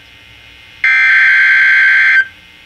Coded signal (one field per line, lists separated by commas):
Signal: Emergency Alert System (SAME) tones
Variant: header bursts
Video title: Special Marine Warning #8 - 08/03/17 (EAS #1,489)